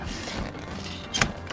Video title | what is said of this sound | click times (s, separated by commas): Crafuel Outdoors - Crafuel Roof Top Tent - SummitBreeze丨Unboxing & Installation丨Camping Experience | push it up till it locks into place now this was kind of half zipped when we initially got it | 1.2 s